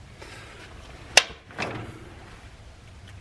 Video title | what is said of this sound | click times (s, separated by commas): My Sons 3Rd Gen Dodge Ram 2500 Cummins Is Back In The Again | push down till you hear that snap | 1.2 s